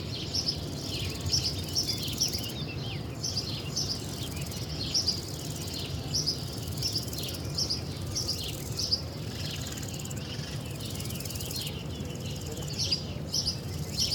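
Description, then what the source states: Cricket chirping repeats in short high pulses throughout, over a continuous low rumble. Nature ambience recorded in Spain.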